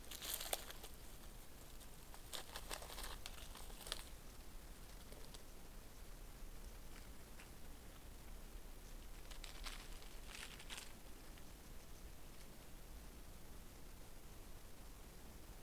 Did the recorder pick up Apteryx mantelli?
no